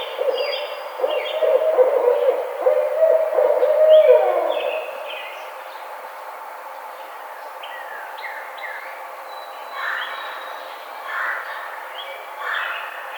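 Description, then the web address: Barred owl giving low, resonant hoots and wailing calls for about five seconds, then quieter whistled songbird notes continue in the background. Recorded on 4 May 2009. "Barred Owl 2009 05 04 Barred Owl"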